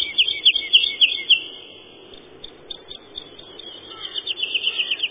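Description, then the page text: Woodlark song: a run of quick, clear notes repeated several times a second, a pause, then another similar series near the end, over steady background noise. "Юла, или лесной жаворонок — Lullula arborea"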